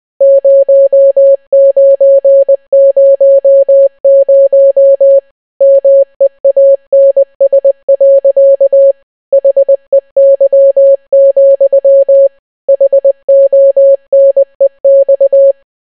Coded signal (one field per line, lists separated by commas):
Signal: Morse code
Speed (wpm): 20 wpm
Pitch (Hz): 550 Hz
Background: none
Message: 0900 MEANS. HEY, HONEX